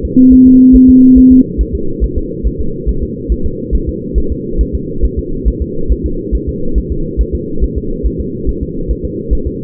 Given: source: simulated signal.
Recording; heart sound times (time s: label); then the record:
fetal heart sounds
0.05 s: S2
0.33 s: S1
0.47 s: S2
0.76 s: S1
0.90 s: S2
1.18 s: S1
1.32 s: S2
1.61 s: S1
1.75 s: S2
2.04 s: S1
2.18 s: S2
2.47 s: S1
2.61 s: S2
2.89 s: S1
3.03 s: S2
3.32 s: S1
3.46 s: S2
3.75 s: S1
3.89 s: S2
4.18 s: S1
4.32 s: S2
4.61 s: S1
4.75 s: S2
5.05 s: S1
5.19 s: S2
5.48 s: S1
5.62 s: S2
5.92 s: S1
6.06 s: S2
6.35 s: S1
6.49 s: S2
6.78 s: S1
6.92 s: S2
7.21 s: S1
7.35 s: S2
7.64 s: S1
7.78 s: S2
8.06 s: S1
8.20 s: S2
8.49 s: S1
8.63 s: S2
8.91 s: S1
9.05 s: S2
9.33 s: S1
9.47 s: S2
From the record:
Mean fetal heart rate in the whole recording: 140 bpm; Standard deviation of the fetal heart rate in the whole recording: 2 bpm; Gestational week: 34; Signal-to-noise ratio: -8.1 dB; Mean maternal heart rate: 72 bpm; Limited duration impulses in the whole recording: present